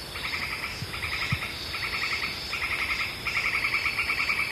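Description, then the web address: Northern White-crowned Tapaculo giving short bursts of rapid, ticking notes, repeated several times over a hissing background. Ecuador. "Birds of Ecuador 3-01 Northern White-Crowned Tapaculo"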